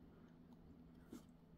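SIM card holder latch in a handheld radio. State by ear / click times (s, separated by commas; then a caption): not seated / none. A person folds the metal SIM card holder down over a SIM card in an adapter inside an ANYSECU E91 handheld radio and tries to lock it shut. A steady low hum runs throughout, with only a brief soft scrape at about 1.1–1.2 s. The holder fails to lock: nothing has clicked or seated yet.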